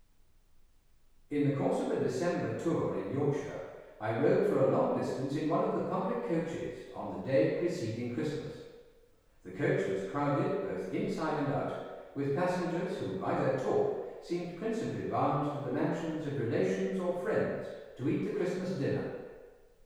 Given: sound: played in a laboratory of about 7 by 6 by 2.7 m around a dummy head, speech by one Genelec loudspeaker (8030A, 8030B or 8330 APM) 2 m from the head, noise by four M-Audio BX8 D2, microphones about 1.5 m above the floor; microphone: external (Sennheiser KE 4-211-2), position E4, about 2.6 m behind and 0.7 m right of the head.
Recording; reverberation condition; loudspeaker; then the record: male speech in English; high; 120 degrees to the left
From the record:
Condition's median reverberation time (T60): about 1300 ms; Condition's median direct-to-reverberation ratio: about -4.0 dB